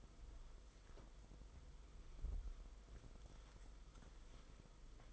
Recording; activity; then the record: daily activity, microphone in the room; wipe stove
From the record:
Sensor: 5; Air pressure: 990.7 hPa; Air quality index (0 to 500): 158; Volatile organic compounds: 230 ppm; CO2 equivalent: 4305 ppm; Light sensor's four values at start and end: 42/119/48/52 and 42/122/48/52